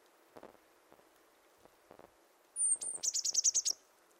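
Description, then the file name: Eurasian blue tit call: a thin high whistle then a fast trill of about eight scolding notes, after a few faint low knocks. "Cyanistes caeruleus"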